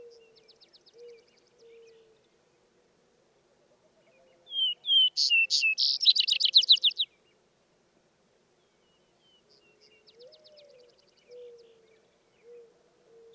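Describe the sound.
Vesper sparrow song once through: slurred opening whistles followed by a rapid, rattling trill; faint thin trills before and after, and soft low tonal notes in the background.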